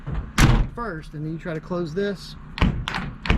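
Someone talks, then presses the folded rear panel of a BAK X4S Revolver tonneau cover down onto the bed rail of a 2022 Nissan Frontier PRO-4X after the tailgate is closed. Dull thunks and taps land at about 0.4, 2.6, 2.9 and 3.3 seconds. The white plastic clips underneath can't get low enough to snap into the rail, so the latch fails to catch and nothing has clicked into place.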